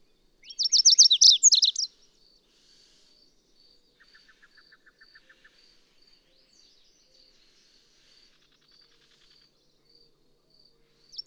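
Bird song: a loud rapid twittering burst near the start, a quiet short series of lower notes later, faint regular high ticking throughout, and the loud phrase beginning again at the end.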